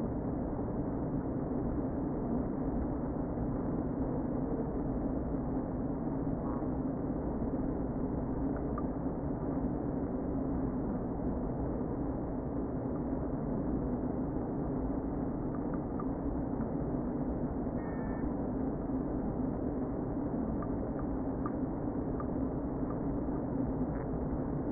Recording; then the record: honeybee colony, microphone inside the hive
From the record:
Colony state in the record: queen present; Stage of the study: before two queens were removed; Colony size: about 60,000 bees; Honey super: yes